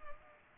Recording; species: mosquito wingbeat signal from an infrared sensor; Culex pipiens